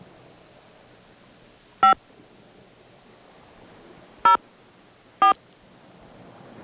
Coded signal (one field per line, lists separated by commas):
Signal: DTMF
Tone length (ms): 120 ms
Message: 5 0 4